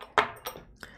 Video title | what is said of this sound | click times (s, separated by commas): LIVE LENS MOD: Extreme Helios 44-3 Modding! | it just pops into place. Boop. Perfect. | 0.2 s